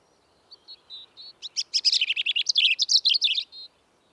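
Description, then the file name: European robin song: a rapid, varied phrase of high thin whistles and trills, starting with soft notes then a dense tumbling run before fading on a drawn-out note. "Erithacus rubecula"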